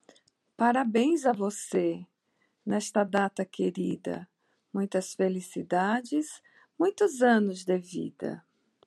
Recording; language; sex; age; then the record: short text; Brazilian Portuguese; female; 50 to 59 years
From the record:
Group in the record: control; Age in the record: 51 years